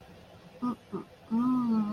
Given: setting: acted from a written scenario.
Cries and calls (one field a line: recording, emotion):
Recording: vocal sound without words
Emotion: desire